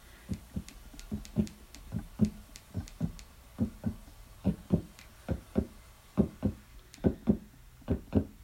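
An adult heartbeat: regular paired lub-dub beats at about 71 per minute.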